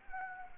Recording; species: mosquito wingbeat signal from an infrared sensor; Anopheles arabiensis